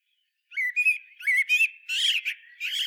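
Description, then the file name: Common blackbird giving harsh rasping calls, repeated several times in quick succession after a short silence. "Turdus merula"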